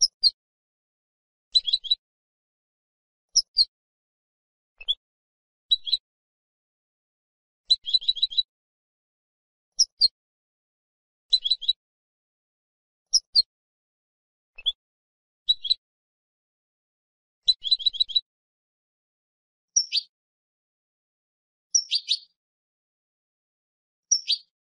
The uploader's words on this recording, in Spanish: Jilguero.